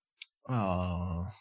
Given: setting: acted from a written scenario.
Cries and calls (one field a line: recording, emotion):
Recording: vocal sound without words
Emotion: adoration